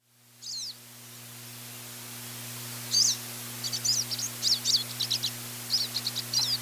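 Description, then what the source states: Pine siskin calls: a lone high note, then after a pause a run of quick, sharp chittering notes through the last few seconds, with a steady low hum underneath. Siskins give chittering notes and a zippy song.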